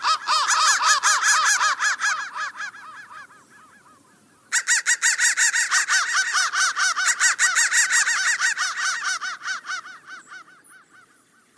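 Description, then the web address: Crows cawing in loud overlapping bursts that fade, pause briefly, then restart at full strength. "soundfactory crow"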